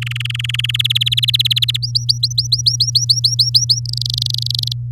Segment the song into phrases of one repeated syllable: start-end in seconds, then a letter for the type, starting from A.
0.01-0.71 A, 0.74-1.77 B, 1.82-3.80 C, 3.85-4.72 D